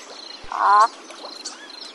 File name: Glossy ibis